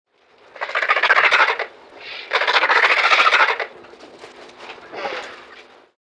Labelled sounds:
Griffon Vulture
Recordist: Tembrock, Günter
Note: Lautfolgen

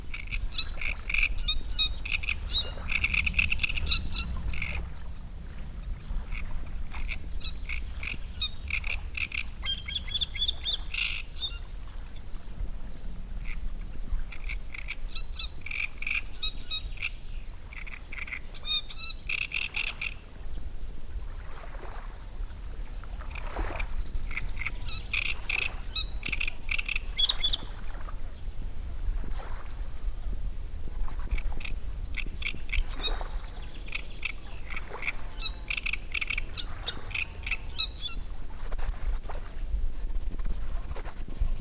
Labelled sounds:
Great Reed Warbler
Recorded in the wild
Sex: male
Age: adult
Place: Müggelsee, Berlin, DE
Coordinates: 52.43, 13.64
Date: 1991-06-07 18:55
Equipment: Uher 4400 Report Monitor, Sennheiser ME 80, K 30 AV
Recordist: Fischer, Stefan

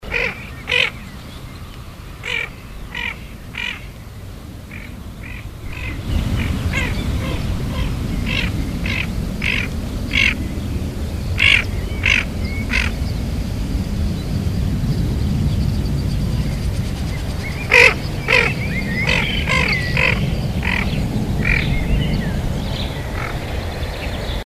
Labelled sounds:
Tufted Duck call
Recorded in the wild
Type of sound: call
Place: Fröndenberg/ Ruhr, Nordrhein-Westfalen, DE
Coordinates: 51.47, 7.77
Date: 1985-06-17
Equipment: Sony WM-D6C, Big Ear
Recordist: Skiba, Reinald

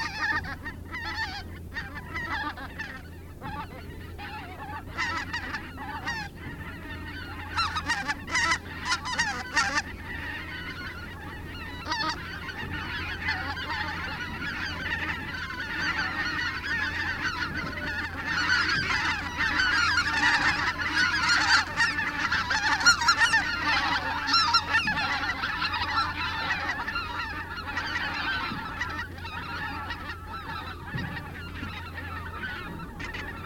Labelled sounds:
Greater White-fronted Goose call
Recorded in the wild
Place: Lebbin, Insel Rügen, Mecklenburg-Vorpommern, DE
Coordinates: 54.569, 13.359
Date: 1973-10-12
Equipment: Nagra III BH, Sennheiser MD 21
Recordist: Schubert, Michael

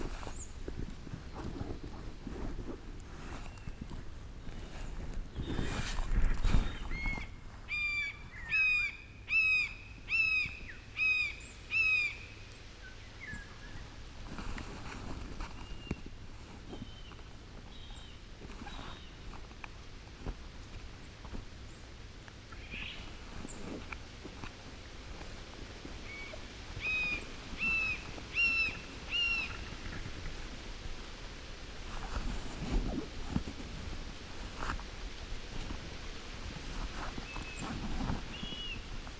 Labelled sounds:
Common Buzzard call
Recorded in the wild
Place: Niederspree, Niederspreer Teichgebiet, Sachsen, DE
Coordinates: 51.4119, 14.8739
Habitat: coniferous forest
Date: 2008-07-30
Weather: heiter, 20°C, schwacher Wind
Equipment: Fostex FR2-LE, Sennheiser ME66, Popschutz
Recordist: Frommolt, Karl-Heinz

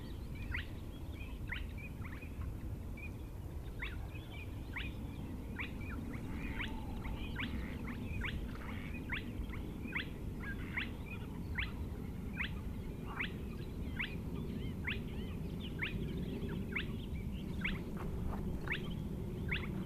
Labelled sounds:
Spotted Crake
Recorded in the wild
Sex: male
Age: adult
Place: Schwedt/Oder, Nationalpark Unteres Odertal, Brandenburg, DE
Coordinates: 53.132, 14.3534
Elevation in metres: 1
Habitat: wetland
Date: 2015-04-23 20:59
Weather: clear, 11°C, almost windless
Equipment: Sound Devices 702, Sennheiser MKH 70, Rycote Windschutz
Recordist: Frommolt, Karl-Heinz

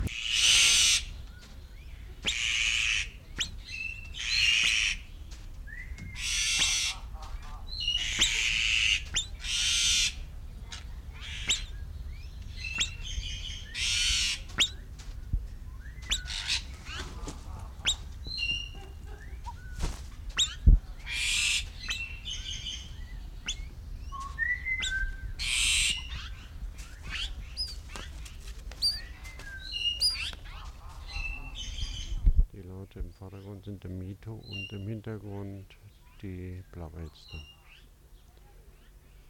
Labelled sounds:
Azure-winged Magpie call
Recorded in captivity
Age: adult
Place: Zoo Berlin, Berlin, DE
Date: 1994-07-02 11:23
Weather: sonnig, 18-24°C
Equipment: Marantz CP 430, Sennheiser ME 80, Kopie Uher Variocord 263
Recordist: Tembrock, Günter

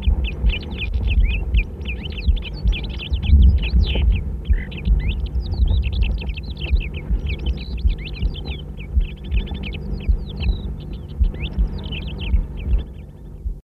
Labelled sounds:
Calandra Lark song
Common Redshank
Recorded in the wild
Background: Tringa totanus
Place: GR
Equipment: Halbspur, 9,5 cm/s
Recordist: Lütgens, Hans
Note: Gesang. Daneben Rotschenkel

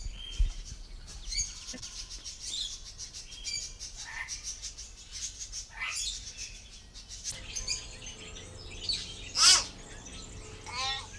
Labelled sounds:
Common Hill Myna
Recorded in the wild
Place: Dahme/Mark, Brandenburg, DE
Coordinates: 51.87, 13.43
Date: 1995-04-29 17:59
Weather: heiter, 14°C
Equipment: Marantz CP 430, Sennheiser ME 80, Kopie Uher 4000 Report Monitor
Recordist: Tembrock, Günter
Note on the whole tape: Schloßpark und Tiergehege: Laute von 2 Tieren. Entfernung 5 m

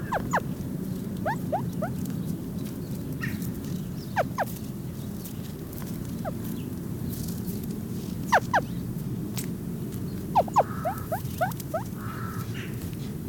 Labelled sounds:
Ruffed Grouse call
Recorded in captivity
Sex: male
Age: adult
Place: Tierpark Berlin, Berlin, DE
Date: 1997-01-12 14:35
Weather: heiter, fast windstill, -5°C
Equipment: Nagra SN, Kopie Uher 4000 Report Monitor
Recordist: Tembrock, Günter

